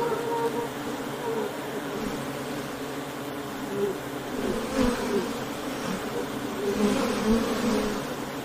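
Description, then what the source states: Honey bees buzzing in a constant, low drone. Ambient sound of honey bee wings buzzing.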